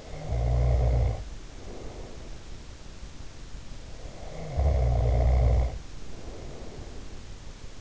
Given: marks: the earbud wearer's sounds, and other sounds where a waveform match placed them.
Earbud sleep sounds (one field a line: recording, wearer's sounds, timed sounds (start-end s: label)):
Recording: sounds in sleep by an in-ear microphone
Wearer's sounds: snoring breath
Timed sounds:
0.00-2.40 s: snoring breath
4.21-7.56 s: snoring breath